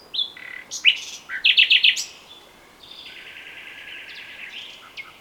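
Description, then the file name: Common nightingale song with short whistles, a burst of four rich repeated notes, then a long, slightly wavering sustained phrase. "Luscinia megarhynchos"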